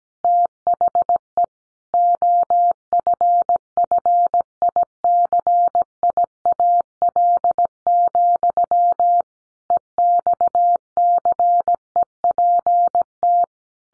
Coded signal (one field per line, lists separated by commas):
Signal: Morse code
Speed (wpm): 17 wpm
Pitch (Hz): 700 Hz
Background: none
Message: THE OFFICIAL, EXCEPT